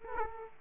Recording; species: mosquito wingbeat signal from an infrared sensor; Aedes aegypti